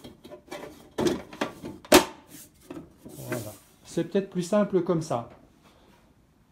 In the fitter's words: et après on pousse de chaque côté pour clipser c'est